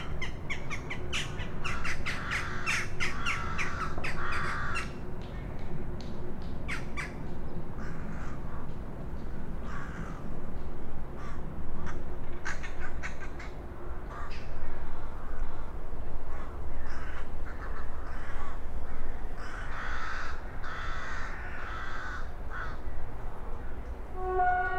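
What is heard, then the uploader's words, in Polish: A noisy flock of rooks caws over a river almost nonstop, harsh calls overlapping, above a steady low rumble and faint hum. Gawrony nad Odrą. Nagrane w Poblizu Kanału Miejskiego - na przeciw starego elewatora zbożowego. Rekorder, mikrofon: sony pcm d50, mic rode nt4, FEL BMA preamplifier Autor nagrania: Bartosz Grzyb.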